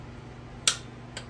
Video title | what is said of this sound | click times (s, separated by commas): DANG! INSTALLED ROCKER GASKET ON STREETGLIDE BACKWARDS! Pt 2 | you don't want to stop so it's supposed to keep going until it clicks you're not supposed to stop | 0.7 s